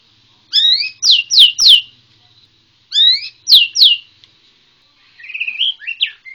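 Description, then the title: White-rumped shama song: two phrases of bright whistles with steep descending slurs, followed by a softer twittering run. Bornean white-rumped shama. "MURAI BORNEO"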